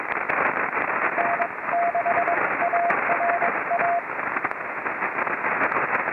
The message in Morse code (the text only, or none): N6ARA